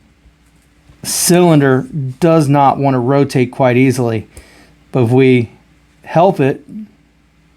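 A rusty, stiff revolver cylinder is handled in its frame while someone talks, as it resists rotating. Nothing has seated or clicked yet; the cylinder has not locked against the cylinder stop.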